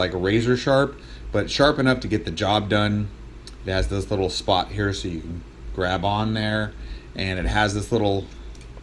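A Kershaw 1920 Select Fire folding knife is being handled while someone talks, with faint transients near 8.6 seconds at the very end. The blade lock in the folding knife handle, a metal blade stopper that locks the blade open after it is flicked out with its flipper tab, has not clicked into place yet; nothing has seated by the end of the clip.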